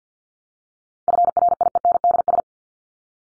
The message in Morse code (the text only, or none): FRIENDS